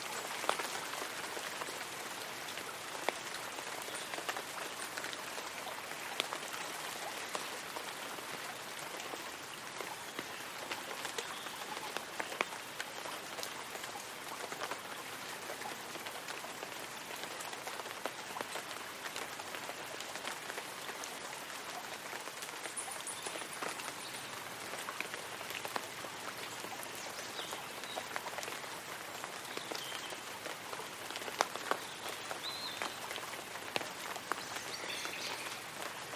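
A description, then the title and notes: Light rain patters steadily on leaves and an umbrella, a dense, even crackle of bright drops with occasional louder taps throughout. Light raindrops on tree & umbrella.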